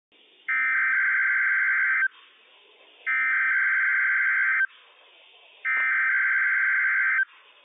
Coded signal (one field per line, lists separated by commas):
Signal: Emergency Alert System (SAME) tones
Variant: header bursts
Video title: NWS PDT Required Weekly Test - WWF56 - EAS #28 - 10:06 AM PST 12/23/20